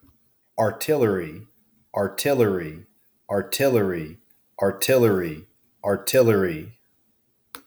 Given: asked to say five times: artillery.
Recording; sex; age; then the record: repeated word; male; 40 to 49 years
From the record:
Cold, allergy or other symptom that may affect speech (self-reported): no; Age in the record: 46 years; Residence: West Virginia, United States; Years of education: 20